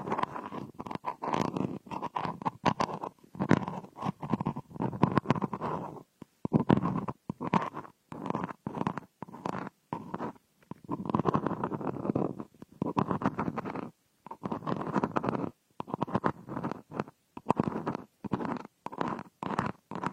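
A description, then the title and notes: Ear picking on a frosted bath ball: dense, crackly scratching and crumbling in rapid, irregular bursts, broken by frequent short silences. The texture is gritty and mid-pitched with a low, gurgling undertone, and the bursts come in clusters throughout. Frosted Bath Ball Ear Picking Experience.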